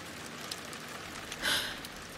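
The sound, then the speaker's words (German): Heavy rain that had eased suddenly patters again on a roof in a dense, even hiss, with no voices; a brief, brighter high-pitched squeal rises out of the downpour midway through. “Der Regen, der erst nachgelassen hatte, plätterte plötzlich aufs Dach wie nach einem Donnerschlag.”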